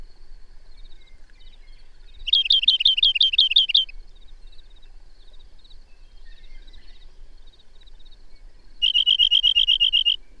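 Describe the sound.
Bird song: a fast rhythmic series of bright chirps lasting over a second, then a long quiet gap before a rapid, steady trill, with soft background twittering.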